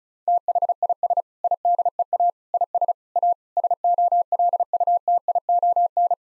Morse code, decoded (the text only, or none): THIS IDEA IS A SOLUTION